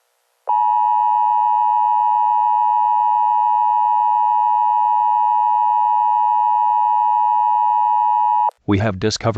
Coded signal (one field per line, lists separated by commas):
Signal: Emergency Alert System (SAME) tones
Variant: 853 and 960 Hz attention tone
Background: speech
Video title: Nations Under Fire Teaser [EAS MOCK]